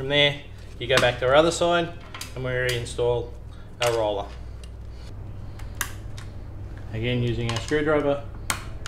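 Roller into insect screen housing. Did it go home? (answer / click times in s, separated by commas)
no / none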